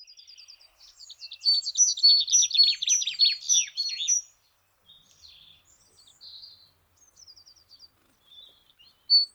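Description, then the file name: Great tit with a short trill leading into dense harsh chattering overlaid by paired high whistled notes, then scattered soft calls and a final sharp note. "Parus major"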